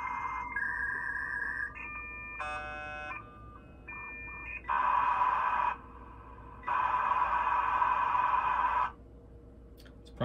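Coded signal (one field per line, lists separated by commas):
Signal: dial-up modem handshake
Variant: 33.6k modem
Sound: answer tones and shifting beeps, then two bursts of wide rushing hiss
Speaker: I really wouldn't want to have to get stuck waiting through busy signals well let's give it a try and hope for the best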